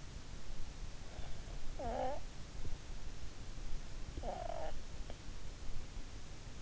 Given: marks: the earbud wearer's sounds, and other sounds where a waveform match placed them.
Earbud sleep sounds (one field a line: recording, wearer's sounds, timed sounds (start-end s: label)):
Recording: sounds in sleep by an in-ear microphone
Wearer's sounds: snoring breath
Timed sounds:
1.79-2.31 s: snoring breath
4.13-4.81 s: snoring breath